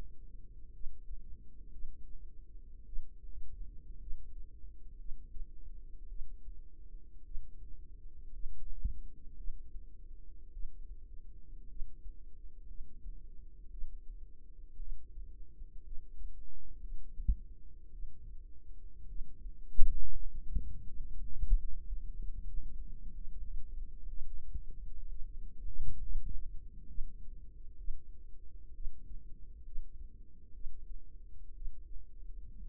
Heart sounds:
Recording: heart sounds by microphone in the right ear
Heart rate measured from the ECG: 58 bpm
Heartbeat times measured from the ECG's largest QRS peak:
0.71 s: heartbeat
1.70 s: heartbeat
2.84 s: heartbeat
3.98 s: heartbeat
4.96 s: heartbeat
6.07 s: heartbeat
7.22 s: heartbeat
8.31 s: heartbeat
9.35 s: heartbeat
10.51 s: heartbeat
11.67 s: heartbeat
12.66 s: heartbeat
13.69 s: heartbeat
14.77 s: heartbeat
15.82 s: heartbeat
16.79 s: heartbeat
17.90 s: heartbeat
19.06 s: heartbeat
20.11 s: heartbeat
21.09 s: heartbeat
22.11 s: heartbeat
23.12 s: heartbeat
24.07 s: heartbeat
25.07 s: heartbeat
26.00 s: heartbeat
26.86 s: heartbeat
27.76 s: heartbeat
28.72 s: heartbeat
29.63 s: heartbeat
30.52 s: heartbeat
31.53 s: heartbeat
32.58 s: heartbeat
From the record:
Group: healthy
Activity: rest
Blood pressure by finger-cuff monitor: 91/63 mmHg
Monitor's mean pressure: 72 mmHg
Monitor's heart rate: 59 bpm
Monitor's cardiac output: 4.2 L/min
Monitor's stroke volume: 75 mL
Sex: female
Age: 36 years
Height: 163 cm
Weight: 88 kg

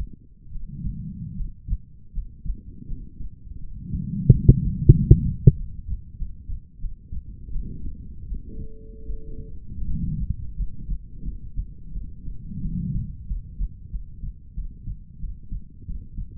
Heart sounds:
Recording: heart sounds by stethoscope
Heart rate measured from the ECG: 86 bpm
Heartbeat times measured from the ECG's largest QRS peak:
0.50 s: heartbeat
1.34 s: heartbeat
2.12 s: heartbeat
2.86 s: heartbeat
3.58 s: heartbeat
4.29 s: heartbeat
4.93 s: heartbeat
5.55 s: heartbeat
6.16 s: heartbeat
6.79 s: heartbeat
7.51 s: heartbeat
8.26 s: heartbeat
9.04 s: heartbeat
9.84 s: heartbeat
10.54 s: heartbeat
11.22 s: heartbeat
11.92 s: heartbeat
12.60 s: heartbeat
13.26 s: heartbeat
13.90 s: heartbeat
14.54 s: heartbeat
15.19 s: heartbeat
15.85 s: heartbeat
From the record:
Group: healthy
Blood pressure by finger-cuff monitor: 124/65 mmHg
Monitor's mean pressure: 85 mmHg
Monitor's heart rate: 87 bpm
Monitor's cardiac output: 8.6 L/min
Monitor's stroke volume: 100 mL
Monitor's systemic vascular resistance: 730 dyn s/cm5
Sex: female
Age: 23 years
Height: 160 cm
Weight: 50.4 kg

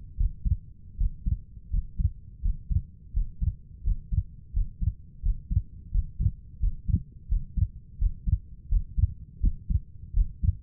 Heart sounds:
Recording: heart sounds by stethoscope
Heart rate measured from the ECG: 84 bpm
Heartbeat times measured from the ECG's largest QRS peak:
0.17 s: heartbeat
0.98 s: heartbeat
1.71 s: heartbeat
2.42 s: heartbeat
3.14 s: heartbeat
3.84 s: heartbeat
4.54 s: heartbeat
5.23 s: heartbeat
5.92 s: heartbeat
6.60 s: heartbeat
7.29 s: heartbeat
7.99 s: heartbeat
8.69 s: heartbeat
9.41 s: heartbeat
10.14 s: heartbeat
From the record:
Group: healthy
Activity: Valsalva maneuver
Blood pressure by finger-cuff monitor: 113/79 mmHg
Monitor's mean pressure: 89 mmHg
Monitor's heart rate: 86 bpm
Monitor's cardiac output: 5.7 L/min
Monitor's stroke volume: 68 mL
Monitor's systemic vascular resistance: 1150 dyn s/cm5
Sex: female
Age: 37 years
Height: 168 cm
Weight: 70 kg

